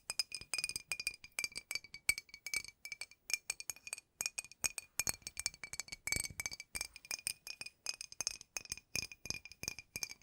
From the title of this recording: ASMR Addictive Tapping